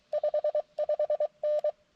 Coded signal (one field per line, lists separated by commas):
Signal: Morse code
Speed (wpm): 23 wpm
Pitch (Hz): 600 Hz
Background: none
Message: 55N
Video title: CW POTA with the mcHF courtesy of Dugbo KD7DUG